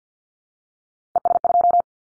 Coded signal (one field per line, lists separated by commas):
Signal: Morse code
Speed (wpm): 50 wpm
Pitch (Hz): 700 Hz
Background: none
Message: ES2